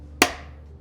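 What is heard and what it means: The lid of the plastic flour canister of a NutriMill Impact Grain Mill is fitted by putting its tab into the slot on the canister, then the latch is pushed down. The latch gives one sharp snap at 0.2 s that fades over the next half second, and a softer sound begins near the end. The lid is secured to the canister.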